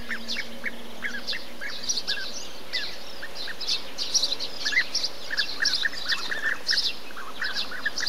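Bee-eater calls: short rolling notes repeated steadily, with higher chirps and a low background hum.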